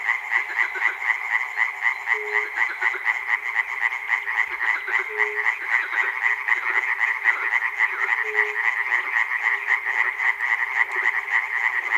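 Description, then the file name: Dense frog chorus, a fast rasping rattle of many overlapping callers, with a brief low droning note about every three seconds. Frogs recorded at Chernobyl. "peter cusack-chernobyl frogs"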